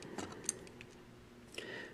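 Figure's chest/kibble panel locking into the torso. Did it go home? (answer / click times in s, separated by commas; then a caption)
yes / 0.5 s. During the robot-mode transformation of a Transformers Prime Arcee (RiD Revealer) plastic action figure, the pelvis and kibble are bent down so the head rises and the chest fills in. A sharp plastic click at 0.5 s marks the chest/kibble panel locking into the torso, surrounded by softer handling clicks and rustles around 0.2, 0.8 and 1.6 s. The parts are seated.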